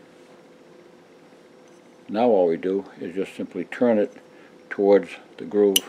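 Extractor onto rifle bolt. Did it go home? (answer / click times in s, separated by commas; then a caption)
no / none. A steel Mauser-style extractor on the bolt of an Arisaka 7.7 x 58 Type 99 Japanese rifle has been slid over its collar ears and lifted onto the bolt body, lined up to be turned toward the groove to lock. The first two seconds are quiet, then someone talks. Nothing has clicked or locked into place yet.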